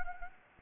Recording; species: mosquito wingbeat signal from an infrared sensor; Anopheles arabiensis